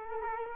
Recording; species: mosquito wingbeat signal from an infrared sensor; Culex quinquefasciatus